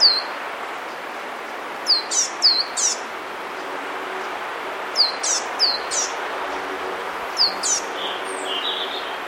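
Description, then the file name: Eurasian blue tit calls: short clusters of thin high notes, repeated every few seconds over background hiss. "Cyanistes caeruleus"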